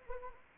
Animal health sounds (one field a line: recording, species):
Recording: mosquito wingbeat signal from an infrared sensor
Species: Anopheles arabiensis